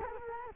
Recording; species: mosquito wingbeat signal from an infrared sensor; Culex quinquefasciatus